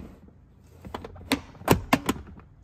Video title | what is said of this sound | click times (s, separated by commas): Chicco Keyfit 30 Car Seat Review: The Best Infant Car Seat for Safety and Comfort | you hear the clicking and then you always just kind of tug on it a little bit just to make sure but | 1.3 s, 1.9 s